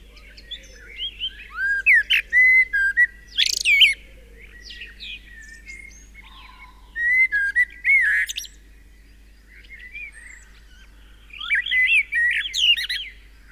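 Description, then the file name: Common blackbird song: repeated mellow whistled phrases, each closing with buzzy high squeaks, in three bursts throughout. "Turdus merula"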